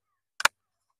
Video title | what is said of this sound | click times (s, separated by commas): Installation Phare Full Led Raptor 700r YFM compatible aussi raptor 250 350 450 | Voilà, clipsé. | 0.4 s